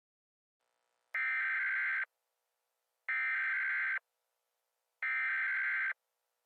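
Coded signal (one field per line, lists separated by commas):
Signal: Emergency Alert System (SAME) tones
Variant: header bursts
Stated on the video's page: Fictional EAS scenario about a dying star.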